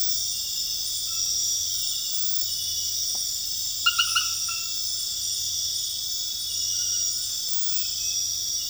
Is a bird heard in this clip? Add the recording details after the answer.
no. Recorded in dense forest near Puerto Asís, Putumayo, Colombia, on 9 March 2025 at 00:30. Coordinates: 0.484, -76.325. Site G045